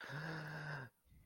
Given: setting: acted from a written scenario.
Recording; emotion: vocal sound without words; awe